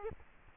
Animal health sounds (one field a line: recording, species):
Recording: mosquito wingbeat signal from an infrared sensor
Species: Aedes aegypti